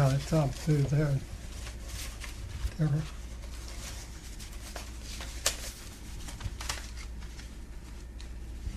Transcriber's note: paper shuffling sounds